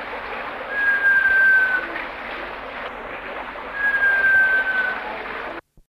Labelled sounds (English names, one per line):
Sunbittern call